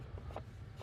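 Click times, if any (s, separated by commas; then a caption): none. A compact Starlink Mini satellite dish is handled against a plastic and metal rooftop/tripod mount adapter as it is fitted, with faint rubbing and scraping, a short knock at about 0.4 s, and a sharper, louder hit at about 0.9 s. Nothing has seated or clicked into the mount yet.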